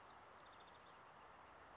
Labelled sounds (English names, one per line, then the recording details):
Chestnut-backed Chickadee
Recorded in Sonoma County, California